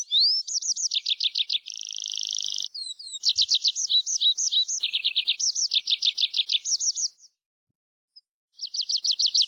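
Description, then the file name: Tree pipit singing high, fast phrases of repeated notes that change every second or so, including a dry buzzy stretch, then a brief silence before a new phrase starts. "PRISPOLONE"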